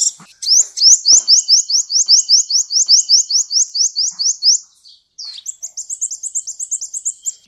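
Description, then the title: Sunbird chirping, a long string of quick, high upslurred notes repeated several times a second, a short pause, then a higher and faster trill. "kicau kolibri"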